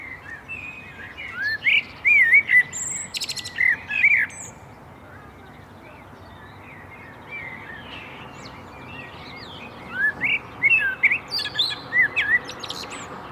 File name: Turdus merula